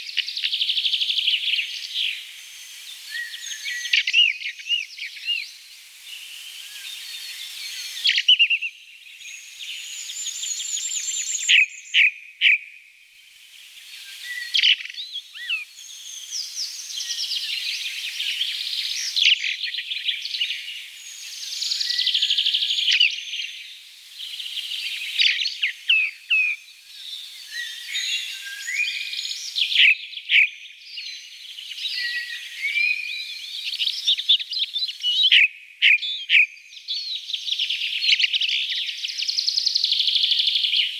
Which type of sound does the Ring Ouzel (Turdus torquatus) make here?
song